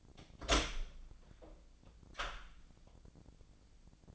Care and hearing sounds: daily activity, microphone in the room; open door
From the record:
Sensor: 5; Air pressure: 1009.3 hPa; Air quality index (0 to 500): 164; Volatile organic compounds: 2 ppm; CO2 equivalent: 1255 ppm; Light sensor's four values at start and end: 140/331/141/152 and 140/331/141/152

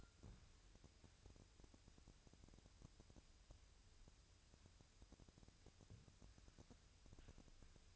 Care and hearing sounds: daily activity, microphone in the room; wipe stove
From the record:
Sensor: 2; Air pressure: 1001.4 hPa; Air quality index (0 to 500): 225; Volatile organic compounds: 24 ppm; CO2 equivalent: 2822 ppm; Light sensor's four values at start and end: 7/26/10/9 and 7/26/10/9

